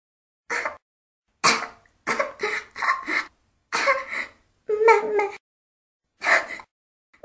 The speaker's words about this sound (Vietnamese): Thiên Hạo ho khan vài tiếng, mơ màng mở mắt ra.